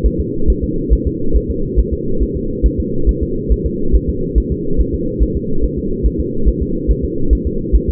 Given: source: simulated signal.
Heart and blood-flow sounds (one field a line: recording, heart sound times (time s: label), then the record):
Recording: fetal heart sounds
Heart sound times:
0.06 s: S1
0.20 s: S2
0.50 s: S1
0.64 s: S2
0.93 s: S1
1.07 s: S2
1.36 s: S1
1.50 s: S2
1.80 s: S1
1.93 s: S2
2.22 s: S1
2.36 s: S2
2.66 s: S1
2.80 s: S2
3.09 s: S1
3.23 s: S2
3.52 s: S1
3.66 s: S2
3.95 s: S1
4.09 s: S2
4.38 s: S1
4.52 s: S2
4.80 s: S1
4.94 s: S2
5.23 s: S1
5.37 s: S2
5.64 s: S1
5.78 s: S2
6.06 s: S1
6.20 s: S2
6.48 s: S1
6.62 s: S2
6.91 s: S1
7.05 s: S2
7.33 s: S1
7.47 s: S2
7.75 s: S1
7.89 s: S2
From the record:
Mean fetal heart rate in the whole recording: 140 bpm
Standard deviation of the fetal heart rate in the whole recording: 2 bpm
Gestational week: 34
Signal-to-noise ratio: -8.1 dB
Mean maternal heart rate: 72 bpm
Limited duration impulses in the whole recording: present